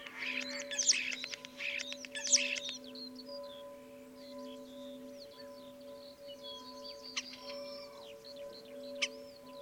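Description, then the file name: Common starling song: two loud bursts of harsh clicks and rattles, then softer scattered whistles and chatter, over a steady low hum. Recorded at Dviete. "dviete sturnus vulgaris"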